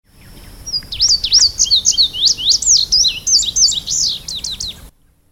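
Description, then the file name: Indigo bunting delivering one song of high, quick paired notes, sweeping up and down, ending with a few sharp falling strokes before going quiet. "suara kicauan burung indigo bunting. omkicau"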